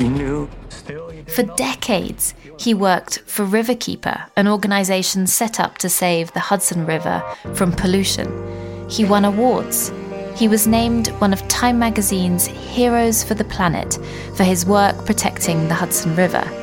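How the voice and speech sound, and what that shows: Clear, fluent adult female narration at an even pace with normal voice quality; soft background music underneath.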